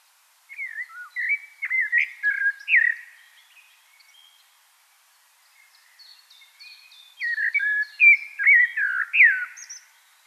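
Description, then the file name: Common blackbird singing two melodious phrases of fluty, slurred whistles with squeaky high notes, a quiet twittering interval between them. "Turdus merula"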